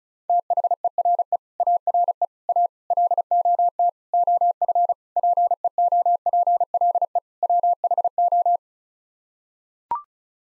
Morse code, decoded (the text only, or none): THERE ARE A LOT OF PEOPLE WHO